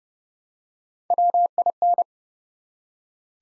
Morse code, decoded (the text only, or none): WIN